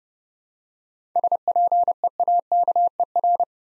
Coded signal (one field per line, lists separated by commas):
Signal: Morse code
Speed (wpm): 30 wpm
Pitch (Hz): 700 Hz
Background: none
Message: SPEAKER